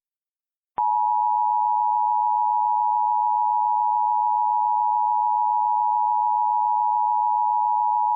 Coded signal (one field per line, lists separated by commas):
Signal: Emergency Alert System (SAME) tones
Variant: 853 and 960 Hz attention tone